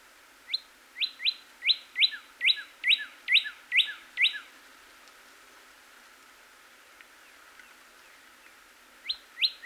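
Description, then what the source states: Northern cardinal singing a run of many quick slurred whistles, then a long pause, and two more notes starting at the end. Recorded 26 April 2019.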